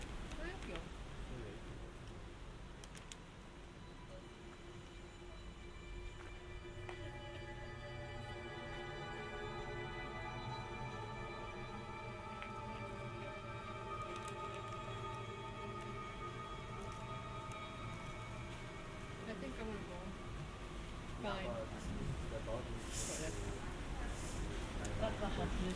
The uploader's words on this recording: Binaural soundscapes recorded in Feldkirch (Vorarlberg, Austria). A walk through the art/sound installation "Spuren" inside the Johanniterkirche.